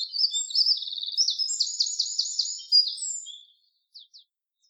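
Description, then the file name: Eurasian wren song: a fast, very high-pitched burst of trills and sharp twittering notes lasting about three seconds, followed by two brief faint notes. "Troglodytes troglodytes"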